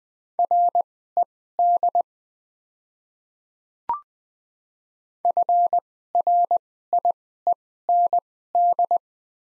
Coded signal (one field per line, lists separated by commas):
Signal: Morse code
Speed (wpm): 20 wpm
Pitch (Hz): 700 Hz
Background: none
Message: RED FRIEND